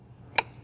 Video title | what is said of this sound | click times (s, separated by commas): Garrett PD6500i Assembly | then plug the two connectors to the panel just listen for this click | 0.4 s